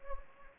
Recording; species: mosquito wingbeat signal from an infrared sensor; Anopheles gambiae